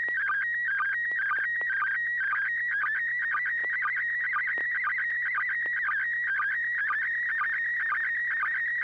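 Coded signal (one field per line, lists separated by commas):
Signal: SSTV (slow-scan television)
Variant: PD120 mode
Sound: warbling, stepping whistle-like tone with rapid chirps and short low blips throughout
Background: low electrical hum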